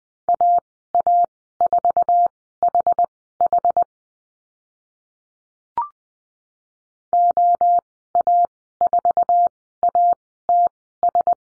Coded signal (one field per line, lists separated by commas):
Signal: Morse code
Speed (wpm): 20 wpm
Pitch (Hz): 700 Hz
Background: none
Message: AA4HH OA4ATS